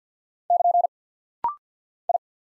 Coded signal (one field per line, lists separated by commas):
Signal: Morse code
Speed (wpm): 48 wpm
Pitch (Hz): 700 Hz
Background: none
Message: <KN> I